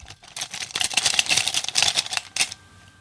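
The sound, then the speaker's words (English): Pens and pencils clatter and rattle together in a blue cup next to a microphone, a quick run of bright, clicky knocks and scrapes lasting a couple of seconds before a brief faint tail of quiet. “Those were actually the pens that I have in this blue cup I keep here next to my microphone that has a lot of pens and pencils and that sort of thing.”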